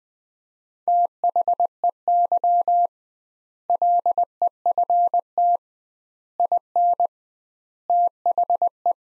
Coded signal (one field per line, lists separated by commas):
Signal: Morse code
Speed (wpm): 20 wpm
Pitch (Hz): 700 Hz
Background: none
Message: THEY LEFT IN THE